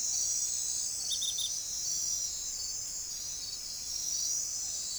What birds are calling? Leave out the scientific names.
none